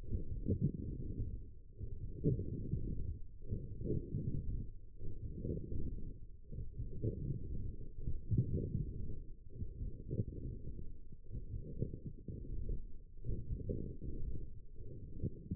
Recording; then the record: forearm muscle sounds (acoustic myography)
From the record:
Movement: forearm pronation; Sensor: system 1, eight BSWA MPA416 microphones around the upper forearm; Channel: 3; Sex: female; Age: 21 years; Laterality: right